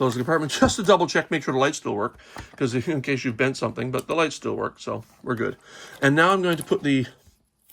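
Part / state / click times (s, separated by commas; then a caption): plastic fountain piece into a toy compact base / not seated / none. Someone talks through most of the clip while repairing a non-working 1993 Polly Pocket Fairylight Wonderland toy compact, closing the compartment to check that the lights still work after screwing a part finger tight. They then handle the small plastic fountain piece to press it back onto its pegs in the compact's base. Two faint ticks sound at about 7.6 and 7.7 seconds as speech stops, but the fountain has not yet clicked into place.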